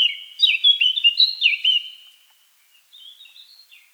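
Eurasian blackcap song: a burst of loud, clear, falling whistles, a short pause, then a quieter, higher warbled phrase.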